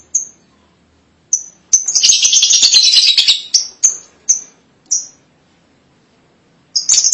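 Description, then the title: Lovebird calling: isolated sharp high chirps around a rapid raspy chattering burst lasting about two seconds. "BM Suara Burung Lovebird"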